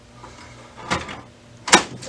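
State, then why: Seated. The output tray is put back onto an HP LaserJet 4345 laser printer and pushed closed. A softer plastic knock near 0.9 s is followed by a sharp, loud click at 1.7 s as the tray seats shut in the printer body.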